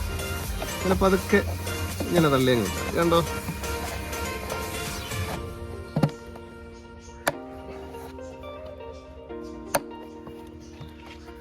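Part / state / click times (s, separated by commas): two plastic locks on motorcycle air filter housing / seated / 7.3 s, 9.8 s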